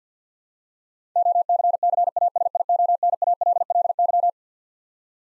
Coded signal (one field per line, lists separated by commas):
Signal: Morse code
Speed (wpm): 50 wpm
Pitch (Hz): 700 Hz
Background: none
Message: OCCASIONALLY